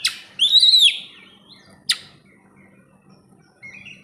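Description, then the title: Oriental magpie-robin song: a sharp click, one loud arching whistled note, another click, then a soft rising note at the end over a faint hum. "kacer"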